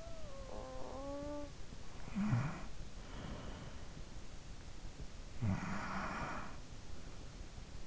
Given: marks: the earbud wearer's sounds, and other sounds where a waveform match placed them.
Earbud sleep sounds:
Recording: sounds in sleep by an in-ear microphone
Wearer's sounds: snoring breath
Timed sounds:
0.00-3.91 s: snoring breath
4.89-7.69 s: snoring breath

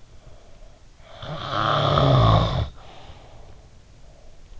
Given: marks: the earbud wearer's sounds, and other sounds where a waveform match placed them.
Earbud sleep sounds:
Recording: sounds in sleep by an in-ear microphone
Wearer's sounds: snoring breath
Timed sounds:
1.04-3.74 s: snoring breath

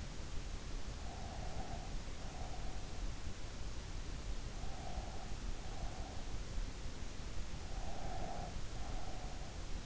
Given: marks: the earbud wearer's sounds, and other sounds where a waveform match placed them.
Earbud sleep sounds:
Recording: sounds in sleep by an in-ear microphone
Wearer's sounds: breath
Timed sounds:
1.14-3.10 s: breath
4.56-6.37 s: breath
7.29-9.86 s: breath

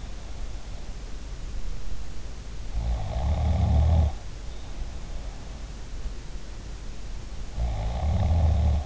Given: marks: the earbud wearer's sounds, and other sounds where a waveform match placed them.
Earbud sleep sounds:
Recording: sounds in sleep by an in-ear microphone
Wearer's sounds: snoring breath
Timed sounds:
2.72-5.49 s: snoring breath
7.59-8.86 s: snoring breath

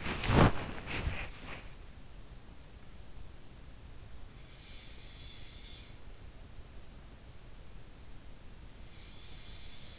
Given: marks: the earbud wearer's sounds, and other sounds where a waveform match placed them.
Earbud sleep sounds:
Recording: sounds in sleep by an in-ear microphone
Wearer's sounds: body movement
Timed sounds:
0.00-1.63 s: body movement
4.59-5.94 s: sound from someone else or the room
8.94-9.99 s: sound from someone else or the room

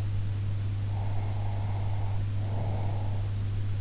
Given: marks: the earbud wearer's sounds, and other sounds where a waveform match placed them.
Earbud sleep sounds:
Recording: sounds in sleep by an in-ear microphone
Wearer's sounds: breath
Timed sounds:
0.79-3.22 s: breath

